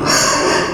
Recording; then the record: squeal of a Yucatan mini pig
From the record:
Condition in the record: before surgery on the right vocal fold (resection and tissue-engineered implant); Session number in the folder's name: 1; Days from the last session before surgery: -3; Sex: male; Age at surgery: 12 weeks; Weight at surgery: 13 kg